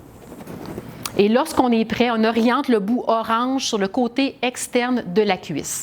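An adrenaline auto-injector is handled with its orange tip aimed at the outer side of the thigh while someone talks throughout. Two brief handling sounds come at about 0.7 s and 1.1 s. Nothing has triggered or clicked yet before the clip ends.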